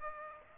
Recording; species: mosquito wingbeat signal from an infrared sensor; Aedes aegypti